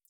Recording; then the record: hydrophone in a shrimp aquaculture tank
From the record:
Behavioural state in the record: feeding